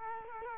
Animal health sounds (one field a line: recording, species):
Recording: mosquito wingbeat signal from an infrared sensor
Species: Culex quinquefasciatus